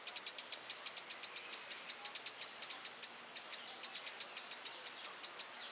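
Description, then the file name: Eurasian wren giving short dry ticks at an even rhythm, broken once by a brief gap before the clicking resumes. "Troglodytes troglodytes"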